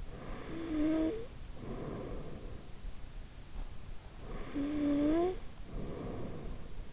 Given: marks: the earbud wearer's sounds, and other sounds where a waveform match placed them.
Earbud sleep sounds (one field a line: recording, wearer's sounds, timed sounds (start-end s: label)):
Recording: sounds in sleep by an in-ear microphone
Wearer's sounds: snoring breath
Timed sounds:
0.01-2.56 s: snoring breath
4.27-6.93 s: snoring breath